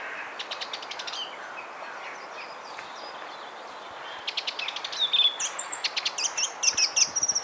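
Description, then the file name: Eurasian blackcap calls: dry clicking notes in rapid bursts, a short run near the start and a longer series later, mixed with thin high whistles over steady background hiss. "Sylvia atricapilla"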